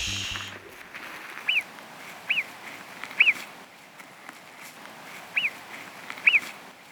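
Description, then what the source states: Alpine marmot whistling, several short sharp rising-then-falling whistles spaced unevenly over a quiet outdoor background. Played as a mystery sound; many listeners took it for a bird; heard in spring at high altitude.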